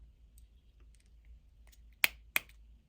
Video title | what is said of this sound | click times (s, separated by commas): Edgun Leshiy 2 Black Out Kit Installation | and click it back on | 2.0 s, 2.4 s